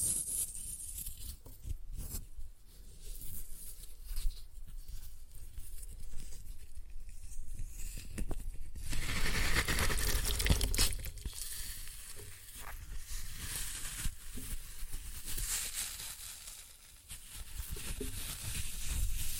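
Floral foam is crushed with glitter, giving a continuous crunching and crinkling with dense, gritty crackle and some low thumps. The sound grows fuller and louder from about eight to eleven seconds, dips briefly near seventeen seconds, then picks back up.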